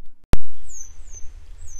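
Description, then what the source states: Grey wagtail calls: a sharp knock, then three thin, high, down-slurred notes spaced about half a second apart over a steady low hum. A pair of grey wagtails still searching for their young; follow-up report.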